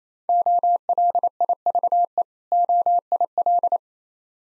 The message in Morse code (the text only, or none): OLIVE OIL